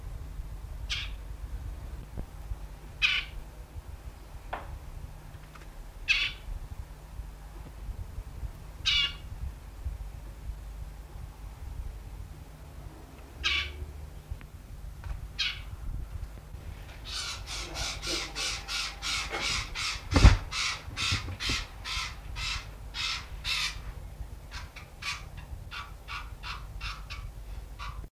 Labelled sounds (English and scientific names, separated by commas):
Lesser Whitethroat (Sylvia curruca) call